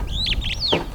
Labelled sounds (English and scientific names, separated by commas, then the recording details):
Superb Starling (Lamprotornis superbus) flight call
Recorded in Kenya